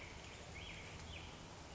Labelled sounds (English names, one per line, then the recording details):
Black-headed Grosbeak
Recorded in Sonoma County, California